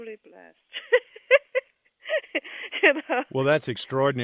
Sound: laughs